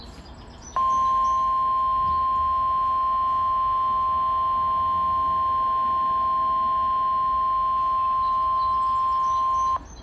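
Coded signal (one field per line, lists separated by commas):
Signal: Emergency Alert System (SAME) tones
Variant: 1050 Hz attention tone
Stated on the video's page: Required Weekly Test.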